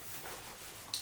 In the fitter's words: There's a little clicker. You click this and lock it.